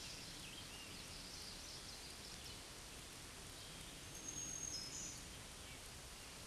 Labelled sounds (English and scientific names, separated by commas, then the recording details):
Black-throated Green Warbler (Setophaga virens) song
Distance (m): 40 m
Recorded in a Pennsylvania forest on 19 May 2023 at 09:23
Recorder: AudioMoth, point grid1_26_low
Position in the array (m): 157 m, -0 m